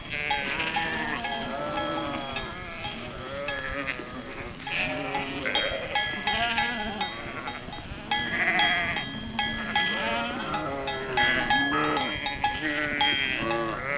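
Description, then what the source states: Sheep bleating repeatedly from many animals, overlapping wavering calls, with bells clinking steadily throughout. A herd of sheep wearing bells.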